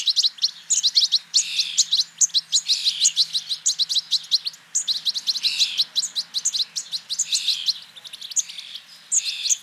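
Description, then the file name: European goldfinch twittering: quick bursts of bright, tinkling, high chirps and buzzy trills, running almost continuously with short pauses between phrases. "Carduelis carduelis"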